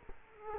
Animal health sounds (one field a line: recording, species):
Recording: mosquito wingbeat signal from an infrared sensor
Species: Culex quinquefasciatus